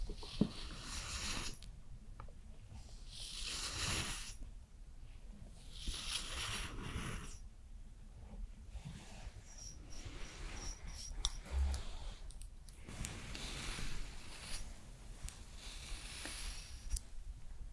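During a skincare routine, soft rubbing, squishing and patting sounds come in repeated bursts every second or two, over a quiet low hum.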